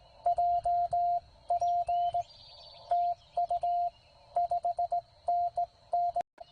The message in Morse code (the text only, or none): JP TU 5NN